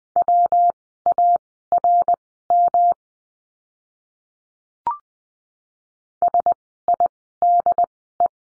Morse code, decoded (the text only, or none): WARM SIDE